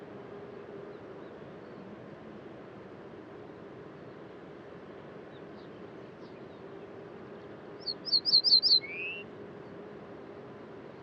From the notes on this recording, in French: lever du jour à l'écoute des oiseaux au col du Granon (2400 m altitude) dans les Hautes Alpes au-dessus de Briançon